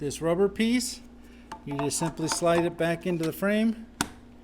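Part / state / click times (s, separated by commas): e-bike battery pack into bike frame / seated / 4.0 s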